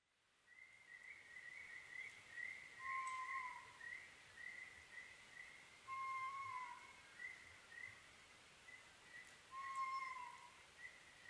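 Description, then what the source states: Oriental scops owl repeating a short hooting phrase three times, about every three and a half seconds, over a continuous higher pulsing trill in the background. Recorded on 21 May 2011 at 23:04, at night.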